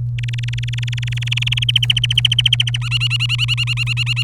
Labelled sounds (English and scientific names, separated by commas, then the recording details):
Domestic Canary (Serinus canaria) song
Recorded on 24 April 2018 at 09:11
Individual llb3